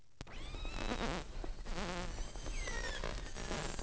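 Whale calls: overlapping tonal moans and whistles with wavering harmonics, several rising and falling sweeps, over a steady low rumble.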